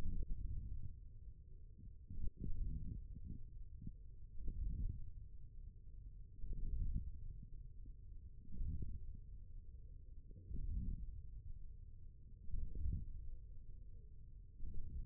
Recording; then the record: forearm muscle sounds (acoustic myography)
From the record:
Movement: wrist extension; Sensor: system 1, eight BSWA MPA416 microphones around the upper forearm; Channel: 4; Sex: male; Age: 41 years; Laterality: right